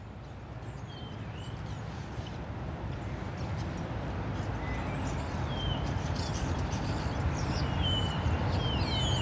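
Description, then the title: Common starling calls: a scatter of thin, slurred whistles, several falling or rising, over a steady roar of road traffic. Starlings in plane trees at Porte de Ninove, Molenbeek-Saint-Jean, Brussels, Belgium; car traffic; AB microphone pair into a field recorder. "Porte de Ninove, Molenbeek-Saint-Jean, Bruxelles-Capitale, Belgique - Starlings in plane trees"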